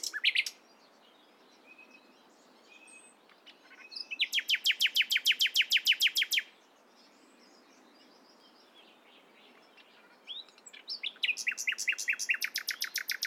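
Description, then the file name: Common nightingale song with bursts of loud rapid repeated notes separated by quieter scattered chirps and pauses. "Luscinia megarhynchos"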